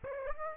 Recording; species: mosquito wingbeat signal from an infrared sensor; Aedes aegypti